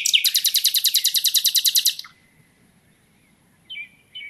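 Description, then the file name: Common nightingale song opening with a fast rattle of about fifteen loud repeated notes, followed by silence and two faint whistles. "Luscinia megarhynchos"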